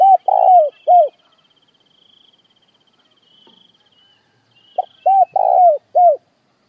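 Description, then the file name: Spotted dove coos, the tail of one phrase and then a full four-note phrase, with a faint high insect trill in the quiet gap. Dove calling the flock. "Tieng cu gay goi bay"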